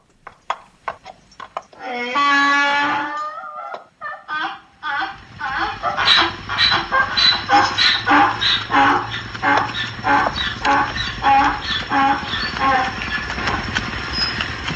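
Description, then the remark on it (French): A donkey brays once in a loud, harsh, strained call lasting a second or two, followed by a long run of steady rhythmic clattering, like hooves trotting. “Chouette un âne.”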